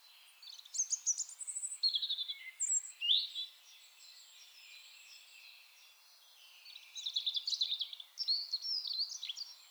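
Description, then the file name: European robin song: high liquid twitters and thin whistles, a quieter gap, then another rapid, sparkling phrase, over a soft background hiss. "Erithacus rubecula"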